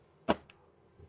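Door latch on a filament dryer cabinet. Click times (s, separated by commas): 0.3 s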